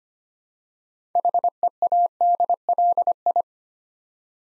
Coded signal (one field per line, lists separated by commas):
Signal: Morse code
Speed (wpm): 25 wpm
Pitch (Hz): 700 Hz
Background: none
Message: HEADLI